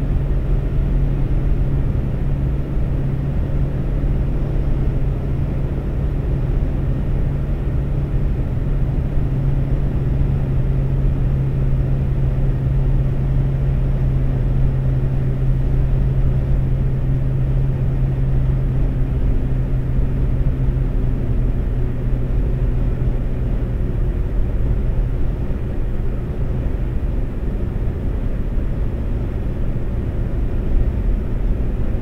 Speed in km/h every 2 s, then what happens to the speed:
132, 132, 132, 132, 132, 132, 132, 132, 132, 132, 132, 134, 134, 134, 132, 132.
0-32 steady at about 132.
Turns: none.